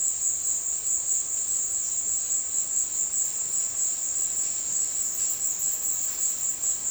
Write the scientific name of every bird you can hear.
none